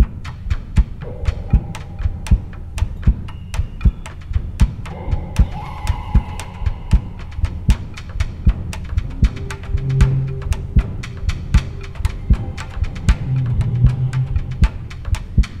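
Forceful, audible heartbeat heard over an adult's chest after surgery. Each beat thumps sharply and very staccato, like a rubber mallet banging on the inside of the sternum, with the whole chest cavity acting like an amplifier. The strong transmission is attributed to scar tissue on the sternum.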